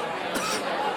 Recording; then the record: coughing mixed with background sound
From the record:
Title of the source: 31 night wet cough